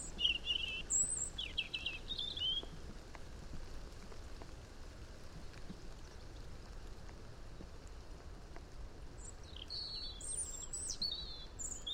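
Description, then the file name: European robin song, thin high twittering phrases at the start and again near the end, set against steady background hiss. "Erithacus rubecula"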